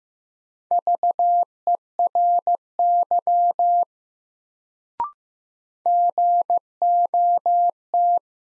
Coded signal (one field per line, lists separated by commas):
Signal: Morse code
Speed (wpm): 15 wpm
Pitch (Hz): 700 Hz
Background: none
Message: VERY GOT